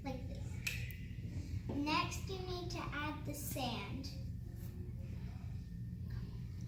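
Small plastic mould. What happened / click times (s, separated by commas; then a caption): The plastic mould halves snapped shut / 0.7 s. A plastic bouncy ball mould half is pressed into its mating half and snaps shut with a single sharp pop at 0.7 s, seating the mould closed. Afterward someone talks.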